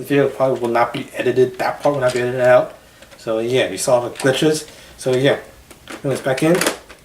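Someone talks while handling a 30-round drum magazine at the magazine well of a Nerf Elite Infinus foam-dart blaster, getting ready to put it back in. Near the end, a short sharp sound is heard at about 6.9 seconds, but the magazine has not seated or clicked into the blaster yet.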